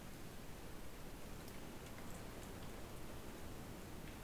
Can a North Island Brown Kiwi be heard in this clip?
no